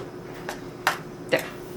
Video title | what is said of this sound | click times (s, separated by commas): Big LEGO Lighthouse | I heard the click. | 0.9 s